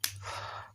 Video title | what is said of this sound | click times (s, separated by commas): Ini Baru Cakep Review Aoyi mech ys 04 Ko Studio Series 38 Optimus Prime Transformers Bumblebee Movie | nah sampai bunyi tek gitu ya, Guys ya. | 0.0 s